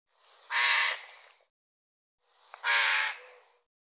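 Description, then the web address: Bird uttering two long, hoarse, grating caws, each swelling quickly then trailing off, separated by about a second of quiet. "cianscape birddata Deverinetal 2025 File cleaned normalized Bird"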